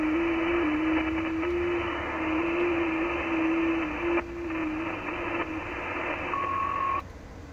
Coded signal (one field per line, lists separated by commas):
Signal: FT8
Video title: T30L, Western Kiribati, Pacific Ocean, 10MHz, FT8, Worked by HL2WA